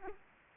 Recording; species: mosquito wingbeat signal from an infrared sensor; Aedes aegypti